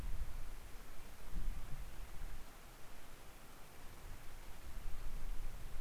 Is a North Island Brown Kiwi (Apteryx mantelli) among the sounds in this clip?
no